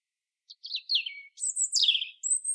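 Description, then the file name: European robin's short liquid warble falling in pitch, then a bright high flourish and a final thin rising whistle. "Erithacus rubecula"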